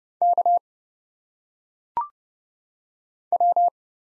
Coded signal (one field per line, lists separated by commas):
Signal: Morse code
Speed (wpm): 31 wpm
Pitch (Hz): 700 Hz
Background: none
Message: K W